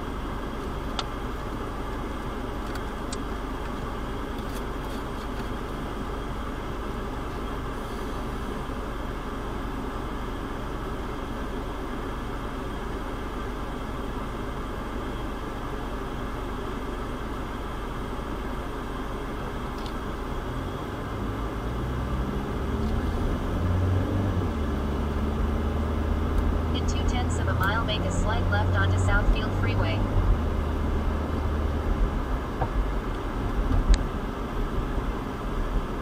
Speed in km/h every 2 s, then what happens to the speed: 0, 0, 0, 0, 0, 0, 0, 0, 0, 0, 11, 24, 34, 42, 50, 56, 52, 39.
0-18 standing. 18-30 pulls away to 56. 31-36 brakes to 39.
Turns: none.